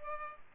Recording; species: mosquito wingbeat signal from an infrared sensor; Culex pipiens